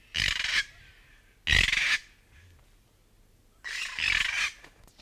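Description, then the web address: North Island kaka giving three loud, harsh, grating screeches separated by pauses, the last one longer. "bird-song north-island-kaka"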